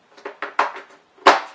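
A cloth pre-motor filter is refitted into the housing of a Hoover Commercial CH32008 Hush Tone 9 L canister vacuum, and it seats. A series of short rattling knocks leads to sharp plastic snaps at 0.6 s and 1.3 s, the second and loudest marking the filter snapping into place.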